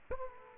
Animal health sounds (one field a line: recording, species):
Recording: mosquito wingbeat signal from an infrared sensor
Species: Aedes aegypti